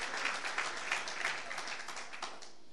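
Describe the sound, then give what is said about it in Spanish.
A church audience breaks into sustained applause for Jesus during a sermon, a dense wash of many hands clapping at a steady, fairly loud level that fades slightly toward the end, with no voices standing out. “Denle ese aplauso fuerte a Jesús.”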